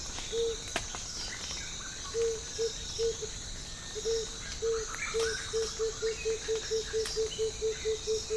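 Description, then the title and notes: Blue-headed coucal song: low hollow hoots, spaced at first, then quickening into an even run of many notes, over steady high insect buzzing and faint bird chirps. Morning, patch of rainforest in the Congo Plateaux savanna; lush birdsong and fog drip around the coucal as it bursts into song. "Blue-headed Coucal song. African Jungle sfx library"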